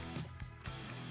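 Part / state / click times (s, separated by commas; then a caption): plastic cape piece into action figure body / not seated / none. A plastic cape piece is handled against the body of an S.H. Figuarts King Cold collectible action figure while music plays in the background, with brief handling sounds around 0.4 and 0.7 seconds. Nothing has seated or snapped in yet by the end.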